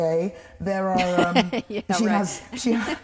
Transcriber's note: laughter